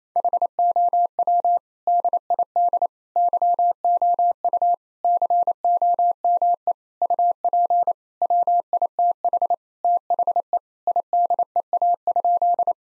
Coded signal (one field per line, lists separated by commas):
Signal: Morse code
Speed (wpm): 28 wpm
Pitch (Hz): 700 Hz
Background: none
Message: HOW DID YOU COME UP WITH THE IDEA?